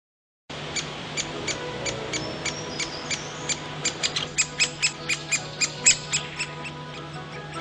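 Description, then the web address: Woodpecker calls: sharp, high clicking notes repeated steadily, speeding up and growing louder toward the end, over a steady low hum. "canlilar dunyasi kuslar 1 agackakan"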